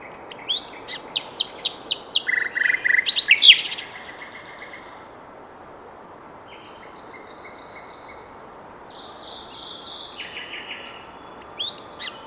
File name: Luscinia megarhynchos